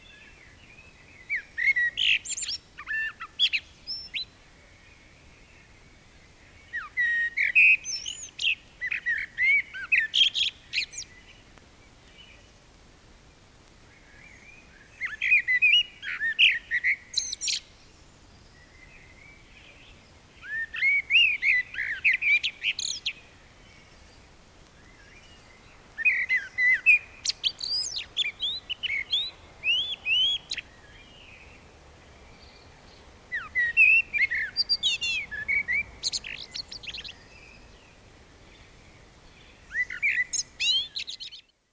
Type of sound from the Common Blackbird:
song